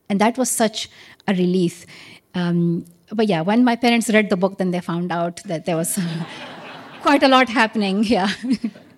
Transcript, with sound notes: And that was such a release. But, yeah, when my parents read the book, then they found out that there was...
(LAUGHTER)
...Quite a lot happening,